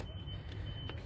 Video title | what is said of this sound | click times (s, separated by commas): TUTO VIDANGE POUR DÉBUTANT // CITROEN XSARA PICASSO 🚙 | Voilà, vous avez entendu le petit clips, petit clic en fait. | 0.9 s